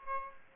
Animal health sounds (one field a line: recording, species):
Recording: mosquito wingbeat signal from an infrared sensor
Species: Aedes aegypti